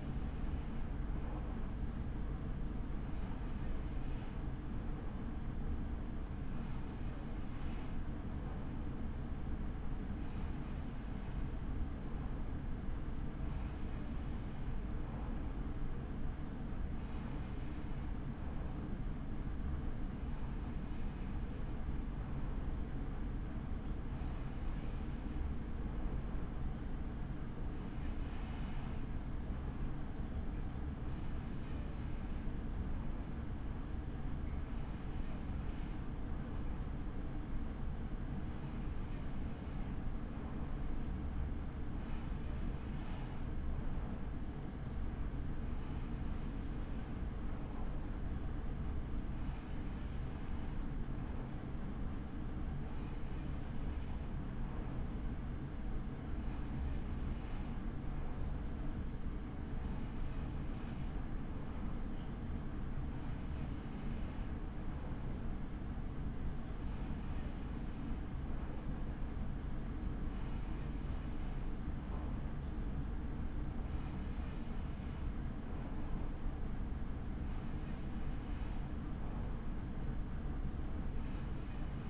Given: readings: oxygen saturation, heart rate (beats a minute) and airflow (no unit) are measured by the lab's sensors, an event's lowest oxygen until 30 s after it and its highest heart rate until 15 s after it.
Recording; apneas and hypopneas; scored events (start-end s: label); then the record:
breathing in sleep by a smartphone at the bedside; none
none scored
From the record:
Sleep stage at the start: N3 (deep sleep); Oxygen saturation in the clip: 94 to 95%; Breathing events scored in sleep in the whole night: 83 in 6.1 hours asleep